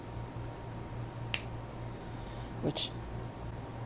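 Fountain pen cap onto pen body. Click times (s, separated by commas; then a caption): 1.3 s. A Ferris Wheel Press Carousel fountain pen in Billowing Blush has its cap pushed onto the acrylic pen body, which locks with a short, sharp click at 1.3 s. The cap is seated, sealing the nib airtight so the ink does not dry up. Someone talks briefly near the end.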